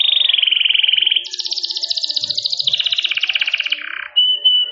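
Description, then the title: Canary song: rolling trill, then a higher, faster buzzy trill stepping down in pitch, a harsh burst, and a short thin whistle at the end. Canary singing a long cengkok song in a fine, special style. "Cengkok Kenari Mewah. Kenari mewah durasi panjang. Cengkok enak gaya istimewa"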